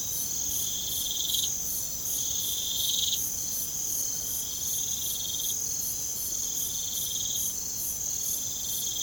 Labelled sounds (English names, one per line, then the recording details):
none
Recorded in pastures near Puerto Asís, Putumayo, Colombia, on 23 June 2025 at 23:00
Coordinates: 0.472, -76.331
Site G095